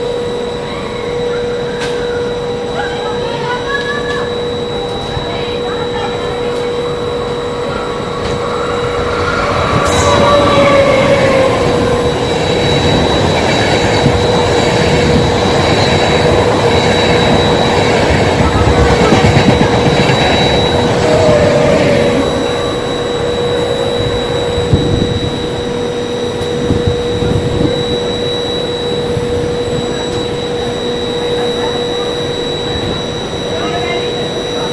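Railroad ambience: a steady low rumble with a constant high whine runs throughout, swelling louder between about ten and twenty-two seconds as something rolls past with rhythmic clatter. Faint voices murmur in the background, and a few sharp knocks come near the end.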